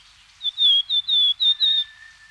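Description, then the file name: Willow tit song: six clear, pure whistled notes in three quick pairs, each slightly falling, with a steady lower whistled tone starting under the last and running on. "kogara"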